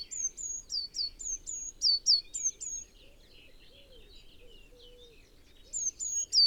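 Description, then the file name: Eurasian blue tit with rapid high, thin hooked notes, a gap with softer lower chirps, then the high notes return. "Cyanistes caeruleus"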